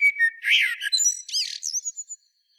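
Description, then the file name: Eurasian blackbird song: dense warbling with swooping notes, followed by squeaky high notes, then silence. "Turdus merula"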